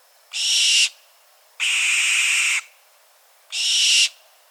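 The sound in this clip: Bird delivering three loud, hissing screeches, the middle one longest at about a second, each separated by quiet pauses.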